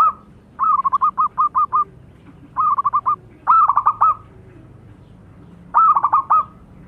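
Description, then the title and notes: Zebra dove rolling song: a long chain of about seven quick coos, then three shorter stuttering phrases separated by pauses. Long-duration lure call of a zebra dove, described as a vigorous singer (gacor). "Pancingan Perkutut Durasi Panjang. Suara Burung Perkutut Gacor"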